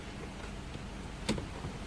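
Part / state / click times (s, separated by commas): small snap-in piece going back onto the dash / not seated / none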